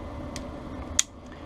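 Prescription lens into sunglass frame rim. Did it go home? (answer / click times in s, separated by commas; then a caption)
yes / 1.0 s. A freshly edged Transitions green prescription lens with Crizal Avance coating is tucked by hand into the rim of a Ray-Ban 4147 sunglass frame and pressed down. A faint tick comes at 0.4 s, then a sharp, bright snap at 1.0 s as the lens pops into place. The lens is seated in the frame.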